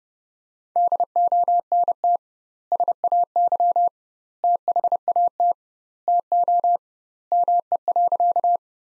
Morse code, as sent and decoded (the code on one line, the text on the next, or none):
-.. --- -. - / ... .- -.-- / - .... .- - / - --- / -- . .-.-.-
DONT SAY THAT TO ME.